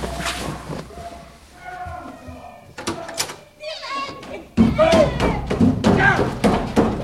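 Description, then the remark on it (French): A police officer knocks on a door: a few sharp knocks, short hard thuds in a quick little cluster, mixed with children's voices and chatter that grow louder toward the end. “Il a frappé à la porte.”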